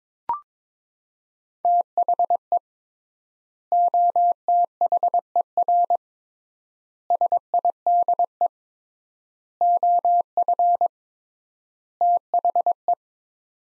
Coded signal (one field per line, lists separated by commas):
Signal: Morse code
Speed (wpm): 22 wpm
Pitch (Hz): 700 Hz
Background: none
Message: THE OTHER SIDE OF THE